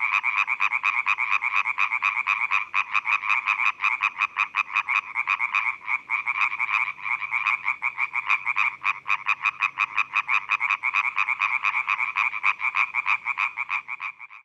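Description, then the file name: European tree frog calling in a fast series of harsh, nasal croaks, kept up steadily without a break. "laubfrosch"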